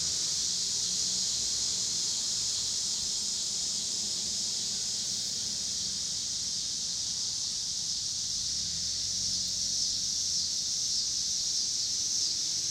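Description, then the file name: Cicadas in a continuous chorus, high and hissing, lasting throughout. Cicadas recorded with car noise in Pittsburgh, Pennsylvania, on 26 August 2023. "2023-08-26 cicadas and cars Pittsburgh PA"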